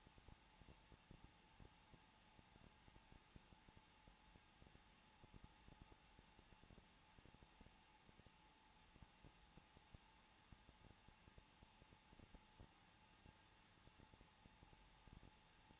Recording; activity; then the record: daily activity, microphone in the room; no activity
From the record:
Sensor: 1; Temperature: 20.2 degrees Celsius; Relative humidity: 35.7%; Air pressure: 994.5 hPa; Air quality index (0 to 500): 182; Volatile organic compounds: 7 ppm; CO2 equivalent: 1999 ppm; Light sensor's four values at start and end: 1/2/1/1 and 1/2/1/1